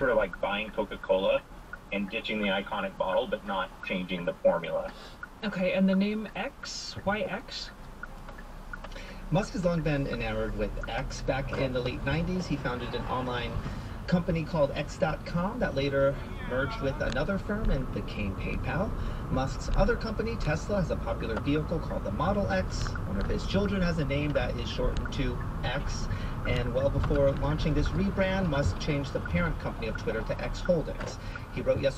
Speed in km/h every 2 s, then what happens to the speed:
0, 0, 0, 0, 0, 0, 0, 13, 16, 18, 19, 19, 19, 19, 15, 11.
0-12 standing. 12-20 pulls away to 19. 20-26 steady at about 19. 26-32 slows to 11.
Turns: 23-27.